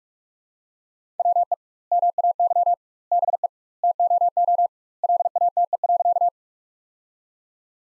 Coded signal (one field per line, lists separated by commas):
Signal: Morse code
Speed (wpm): 42 wpm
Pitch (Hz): 700 Hz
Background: none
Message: WE MAY BE TOO LATE.